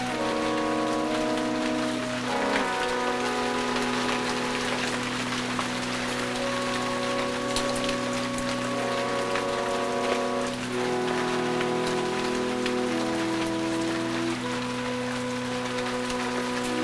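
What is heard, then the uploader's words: Rain patters steadily on leaves, a dense, even hiss of tiny drops with sharper individual taps scattered throughout. Gentle sustained music plays underneath, its held tones shifting to new chords around two and a half seconds and again near ten and a half seconds. Rain in the Garden. The sound of rain on leaves with gentle music.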